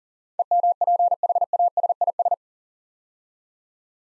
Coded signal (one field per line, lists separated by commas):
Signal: Morse code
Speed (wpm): 40 wpm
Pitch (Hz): 700 Hz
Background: none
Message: EMPHASIS